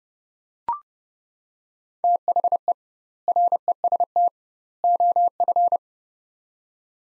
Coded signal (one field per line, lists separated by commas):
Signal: Morse code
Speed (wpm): 30 wpm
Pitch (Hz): 700 Hz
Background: none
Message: THE REST OF